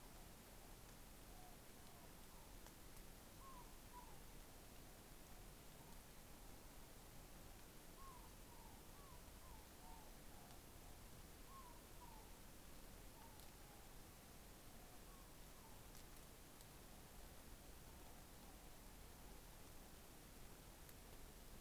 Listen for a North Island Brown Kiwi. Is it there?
no